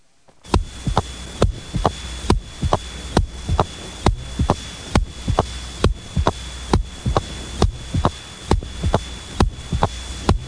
Mitral prosthetic valve sound and murmur. Some prosthetic valves in the mitral position produce a short, soft, rumbling, early diastolic murmur.